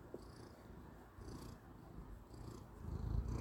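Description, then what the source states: Cat purring, a low steady rumbling throb that swells louder toward the end. Domestic cat purring while being affectionate, interrupting a recording session.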